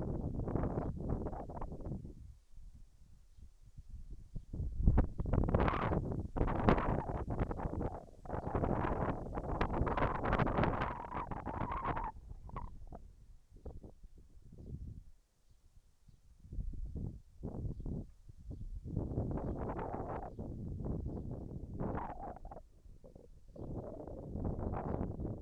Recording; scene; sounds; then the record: everyday scene through a hearing-aid microphone; wind on the microphone; wind, whistling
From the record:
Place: in front of a rural house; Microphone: behind the ear, left, rear